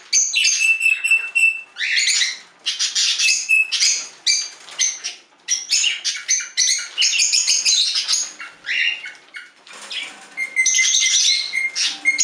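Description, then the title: Budgerigar chirping calls, a busy stream of warbled, chattering notes with short whistled tones, nearly continuous with brief pauses. "Budgie Sounds"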